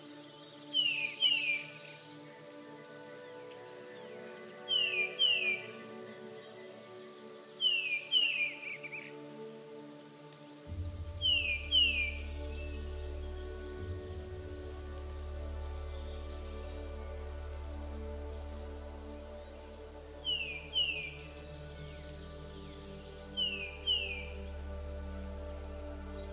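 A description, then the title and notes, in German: Short paired bird chirps repeat every few seconds over soft, sustained music of steady held tones. A thin, continuous insect-like trill runs high above throughout, and a deep low drone joins the music at about ten seconds and stays to the end. Hören Sie, wie die singenden Vögel des Waldes sich mit sanfter Musik vermischen. Singende VÖGEL, Sanfte MUSIK.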